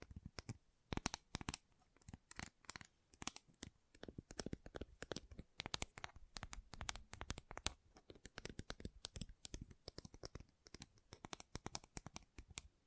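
Gentle tapping goes on in quick, uneven bursts, sharp crisp clicks falling several to a second with brief pauses between clusters. The taps are bright and dry, like fingertips or nails on a hard surface, over a quiet background with no other sounds.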